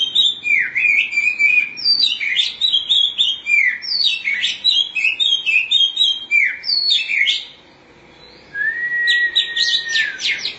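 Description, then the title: Oriental magpie-robin giving a fast, continuous run of whistled, warbling notes with rising and falling slurs, then a short pause and a long drawn whistle. "Suara Kicauan Burung Kacer"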